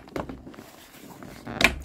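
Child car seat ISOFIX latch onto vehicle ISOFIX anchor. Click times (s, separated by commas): 1.6 s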